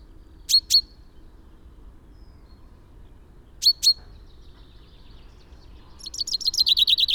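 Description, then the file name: Common chaffinch: two pairs of sharp chirps several seconds apart, then the opening of a rapid trilled song phrase at the end. "Fringilla coelebs"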